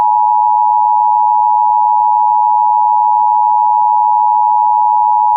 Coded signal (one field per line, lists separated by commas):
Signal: Emergency Alert System (SAME) tones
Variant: 853 and 960 Hz attention tone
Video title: Tornado Warning (GA and SC) (9/26/24) [EAS #55]